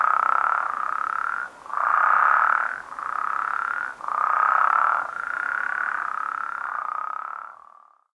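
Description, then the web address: Western spadefoot giving a series of rough, purring trills, each roughly one second long, run closely together before the sound fades out at the end. Recorded in North America. "Songs of Frogs Toads of North America. Western Spadefoot"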